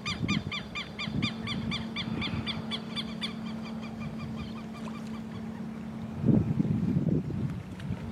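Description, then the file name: Southern lapwing uttering harsh repeated notes early on, then fading, with a steady low hum and a burst of low rumbling near the end. "canto do quero quero"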